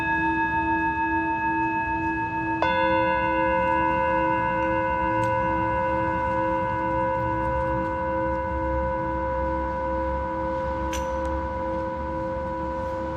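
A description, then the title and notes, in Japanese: A Tibetan singing bowl rings with a steady, sustained tone layered with several bright overtones. Around two and a half seconds in, a second strike adds a new shimmering layer that lingers to the end, with a faint click near eleven seconds. メキシコから シンギングボウルのサウンドヒーリング。チベタンシンギングボウル。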